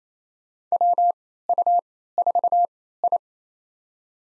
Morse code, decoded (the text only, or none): WU4I